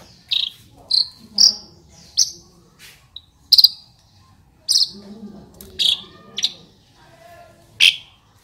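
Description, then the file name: Asian pied starling giving short, sharp, high chirping notes in a loose irregular series with brief silent gaps between them. Local Indonesian name jalak suren; described as a champion bird. "suara burung jalak suren juara"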